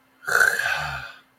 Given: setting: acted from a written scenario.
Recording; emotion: vocal sound without words; shame